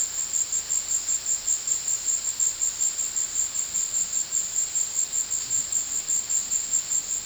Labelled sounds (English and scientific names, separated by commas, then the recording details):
none
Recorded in secondary vegetation near Puerto Asís, Putumayo, Colombia, on 19 February 2024 at 16:00
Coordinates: 0.481, -76.323
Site G6376